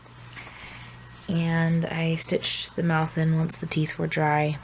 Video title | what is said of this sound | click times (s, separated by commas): Tokyo Ghoul - Kaneki Mask Tutorial | so that snaps into place | 0.3 s